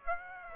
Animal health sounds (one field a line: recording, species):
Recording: mosquito wingbeat signal from an infrared sensor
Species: Aedes aegypti